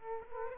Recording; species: mosquito wingbeat signal from an infrared sensor; Aedes aegypti